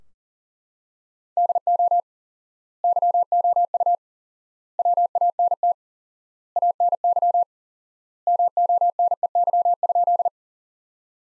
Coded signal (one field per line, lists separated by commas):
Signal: Morse code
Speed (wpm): 40 wpm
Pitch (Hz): 700 Hz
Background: none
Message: DO YOU WANT ANY MONEY?